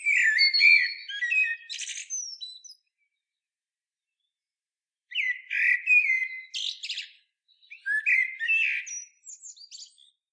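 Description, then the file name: Common blackbird singing several phrases. Each has deep, flutey warbling followed by a strained, high-pitched twittering flourish, with pauses between them. "Turdus merula"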